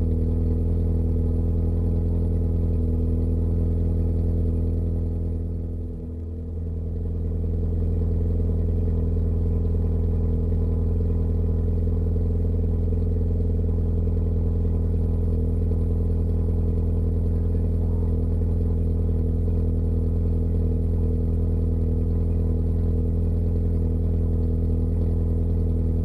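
A car engine idles steadily, a deep, even hum layered with several droning tones and a faint rattle. Around six seconds the sound briefly dips and wavers, then settles back into the same constant idle until the end.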